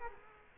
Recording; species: mosquito wingbeat signal from an infrared sensor; Culex quinquefasciatus